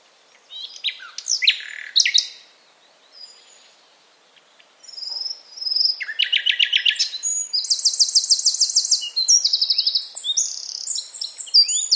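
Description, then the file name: Common nightingale song: varied loud phrases of whistles and chuckles, a pause, then rapid repeated notes and fast high trills, with each phrase changing character. "Luscinia megarhynchos"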